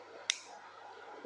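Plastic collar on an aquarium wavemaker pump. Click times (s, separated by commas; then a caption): 0.3 s. A red plastic collar is refitted onto a Red Sea ReefWave 25 aquarium wavemaker pump and pushed until it snaps on with one sharp, bright click at 0.3 s over a faint steady hum. The collar is seated back in place.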